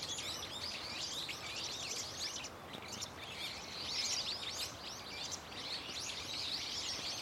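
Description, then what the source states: Birds chorusing, a constant shower of high, quick chirps and trills overlapping, over a low rumble. Loud, nonstop chirping and singing of many birds in a tetrapod breakwater belt and its trees; recorded with microphone and camera.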